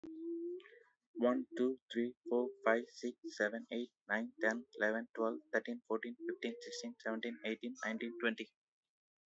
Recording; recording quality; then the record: counting at a fast pace; excellent, no background noise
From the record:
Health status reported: exposed to COVID-19, no respiratory illness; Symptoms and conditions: none ticked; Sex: male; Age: 32 years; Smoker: not ticked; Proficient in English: yes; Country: India